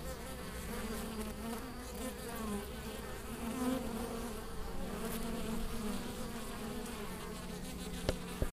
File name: apis mellifera